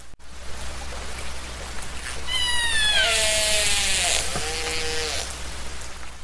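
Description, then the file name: Orca calls: several drawn-out harmonic wails with a high squealing overtone, over a steady low hum. "Orca-Sound Bible com"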